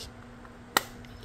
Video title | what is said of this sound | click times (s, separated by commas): 2010 MEGAMIND SET OF 4 HARDEE'S CARLS JR KIDS MEAL COLLECTIBLES VIDEO REVIEW | here lock into place | 0.8 s